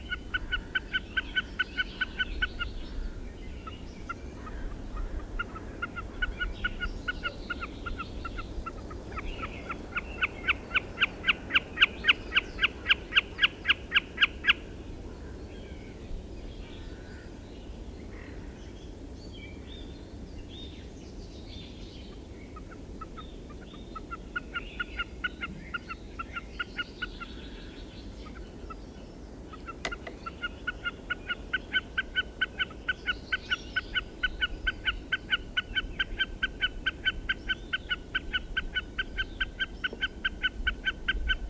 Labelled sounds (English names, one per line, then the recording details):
Common Snipe song
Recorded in the wild
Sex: group
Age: adult
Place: Wullwinkel, Brandenburg, DE
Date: 1967-03-26
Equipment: Nagra III BH
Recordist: Schubert, Michael
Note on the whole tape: Balz auf einer Altkiefer